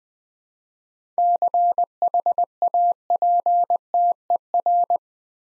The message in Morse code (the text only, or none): CHAPTER